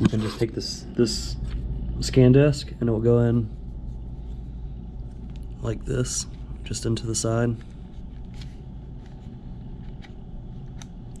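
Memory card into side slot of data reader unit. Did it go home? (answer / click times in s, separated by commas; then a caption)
yes / 10.8 s, 11.2 s. Someone talks while a memory card is slid into the side slot of a data reader unit, with a low rumble in the background. The card seats with sharp clicks at 10.8 and 11.2 seconds.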